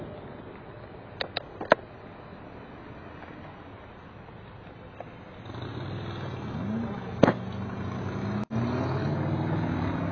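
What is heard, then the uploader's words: A ride toward downtown along city roads, with a steady low rumble of traffic and road noise throughout. A few sharp clicks and taps come early on, and around the midpoint the noise grows louder and rougher, with a brief dropout near the end. Riding from Terwilliger, Capitol Hwy, Barbur, and Naito to downtown #Portland.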